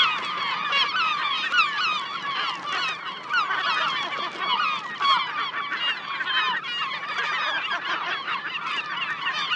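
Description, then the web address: Gull flock chorus, dense harsh calls tumbling over one another, with gentle rises and falls in volume. "seagulls"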